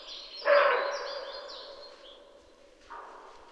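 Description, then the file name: Roe deer uttering one rough, hoarse bark, then a weaker second bark, with high bird song running over the top. "sroedeer-C dzhukey"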